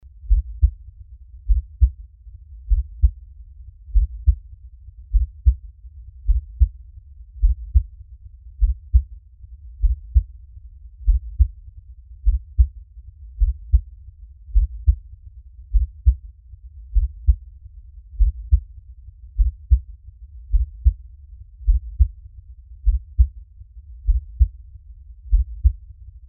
Heartbeat.